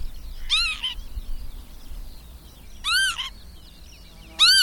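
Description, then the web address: Bird calls: three loud, harsh, harmonic bursts, each about a third of a second, with soft twittering between them. "madarak enek"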